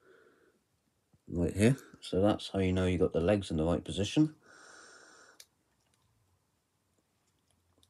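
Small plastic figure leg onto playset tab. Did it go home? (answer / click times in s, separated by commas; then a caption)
no / none. A small plastic action figure's leg part is being handled and lined up with a tab on a 2011 Transformers Dark of the Moon Cyberverse Autobot Ark playset, while someone talks from about 1.2 to 4.3 seconds. A sharp tap comes at 5.4 seconds, followed by a few faint ticks near 5.9, 7.5 and 7.8 seconds. The leg has not clicked onto the tab yet; nothing has seated.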